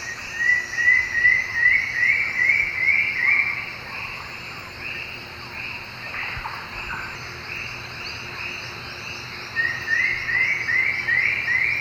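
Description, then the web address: Undulated antshrike delivering a repeated series of short rising whistles, pausing for several seconds, then starting again, amid continuous buzzing insects. Recorded in the eastern lowlands of South America. "ENTER Music and Audio. Nature Songs S America Eastern Lowlands. Undulated Antshrike"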